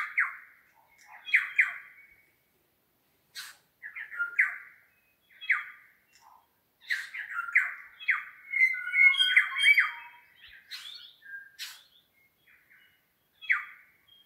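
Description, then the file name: New Zealand bellbird song: short bursts of mellow, bell-like notes every second or two, building into a dense phrase of ringing tones broken by dry clicks. More than one bird singing in the Craigieburn Range, New Zealand. "New Zealand Bellbirds (Anthornis melanura) singing in Craigieburn Range"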